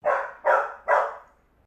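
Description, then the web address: Golden Retriever barking three times in quick succession, each bark sharp and full, spaced under half a second apart, the last one fading out. Domestic dog barking. "Sound Effects-Foundation 1 ANIMAL DOG GOLDEN RETRIEVER DOTTI BARK"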